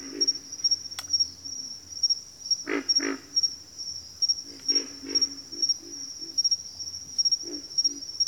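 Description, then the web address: Pig frog croaking: deep, rasping grunts, strongest as a double in the middle, with softer ones around them. A pulsing insect trill continues throughout. Recorded in a bayou; several pig frogs calling. "Echoes of Nature - Bayou 02 Pig Frogs"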